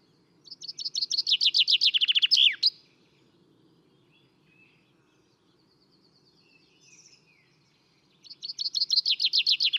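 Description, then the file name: Common chaffinch song: a bright trill of repeated notes falling in pitch and ending in a sharp flourish, then quiet with faint sounds and a second song starting. "Fringilla coelebs"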